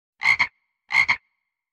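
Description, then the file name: Frog calling twice, each call a short, rasping double croak with a brief ringing tail, about seven tenths of a second apart, in otherwise silent surroundings. "soundscrate frog"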